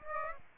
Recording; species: mosquito wingbeat signal from an infrared sensor; Aedes aegypti